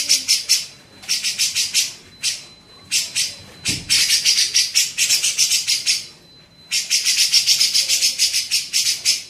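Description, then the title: Grey-cheeked bulbul with bursts of fast, grating notes broken by short gaps, one low thump midway, and a thin steady tone between bursts. Used for training songbirds (masteran). "CUCAK JENGGOT"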